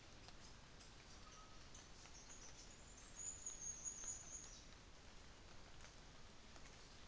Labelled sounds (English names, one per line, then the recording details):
New Zealand Fantail
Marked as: faintness 3/5, faintness 2/5
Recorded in New Zealand on 24 December 2018
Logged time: 09:00